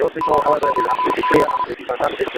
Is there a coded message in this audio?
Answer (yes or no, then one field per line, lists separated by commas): no